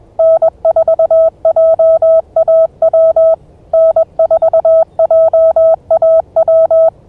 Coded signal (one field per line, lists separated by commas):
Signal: Morse code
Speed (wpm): 21 wpm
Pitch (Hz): 660 Hz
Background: none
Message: N4JAW N4JAW